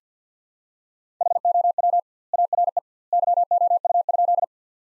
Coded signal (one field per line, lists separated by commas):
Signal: Morse code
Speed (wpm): 50 wpm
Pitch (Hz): 700 Hz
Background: none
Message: HOW ARE YOU?